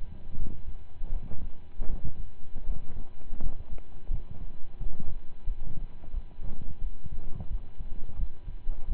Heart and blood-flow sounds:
heart sounds by stethoscope; between the tricuspid and mitral areas; 85 bpm
0.36 s: heartbeat
1.09 s: heartbeat
1.86 s: heartbeat
2.64 s: heartbeat
3.39 s: heartbeat
4.09 s: heartbeat
4.77 s: heartbeat
5.44 s: heartbeat
6.11 s: heartbeat
6.78 s: heartbeat
7.47 s: heartbeat
8.15 s: heartbeat
8.85 s: heartbeat
From the record:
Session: slow and fast walking with breaks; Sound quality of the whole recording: saturated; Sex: male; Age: 25 years

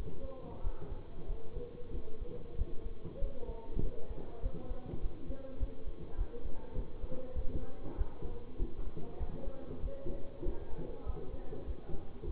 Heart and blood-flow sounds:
heart sounds by stethoscope; between the tricuspid and mitral areas; 98 bpm
0.61 s: heartbeat
1.26 s: heartbeat
1.91 s: heartbeat
2.55 s: heartbeat
3.18 s: heartbeat
3.80 s: heartbeat
4.40 s: heartbeat
4.99 s: heartbeat
5.57 s: heartbeat
6.15 s: heartbeat
6.73 s: heartbeat
7.33 s: heartbeat
7.95 s: heartbeat
8.57 s: heartbeat
9.17 s: heartbeat
9.80 s: heartbeat
10.43 s: heartbeat
11.03 s: heartbeat
11.64 s: heartbeat
12.24 s: heartbeat
From the record:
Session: bicycle stress test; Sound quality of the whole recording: good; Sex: male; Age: 24 years

